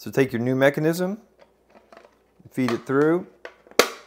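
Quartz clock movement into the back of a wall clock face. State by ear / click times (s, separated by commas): seated / 3.8 s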